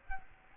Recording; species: mosquito wingbeat signal from an infrared sensor; Culex quinquefasciatus